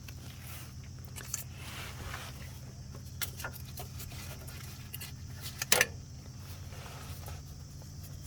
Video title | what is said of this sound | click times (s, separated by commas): AutoZone Diagnostic vs Professional Diagnostic - Check Engine Light | So my new sensor is on, got it clicked in, | 5.7 s